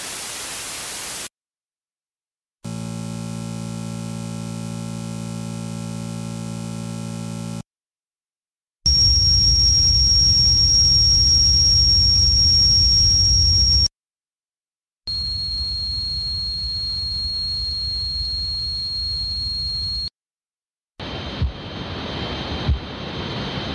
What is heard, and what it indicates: 10 different types of tinnitus. Typically, ringing, buzzing, hissing, electrical noise, or crickets are related to damage to the hearing organ, the cochlea.